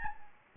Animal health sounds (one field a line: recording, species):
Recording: mosquito wingbeat signal from an infrared sensor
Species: Anopheles arabiensis